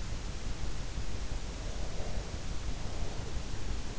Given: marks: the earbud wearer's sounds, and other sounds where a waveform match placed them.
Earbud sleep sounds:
sounds in sleep by an in-ear microphone; breath
1.78-3.32 s: breath

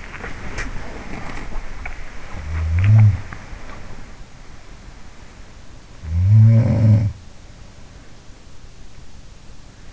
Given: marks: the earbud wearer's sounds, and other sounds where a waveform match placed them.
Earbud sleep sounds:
sounds in sleep by an in-ear microphone; body movement
0.00-2.18 s: body movement
2.39-3.66 s: sound from someone else or the room
5.70-7.55 s: sound from someone else or the room

